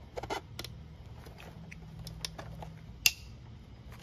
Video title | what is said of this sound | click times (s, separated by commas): Haunted Living animatronic Jumping Girl from Lowe’s Halloween 2023 : Unbox, Build, and Demo (2023) | there we go get a nice click all | 3.1 s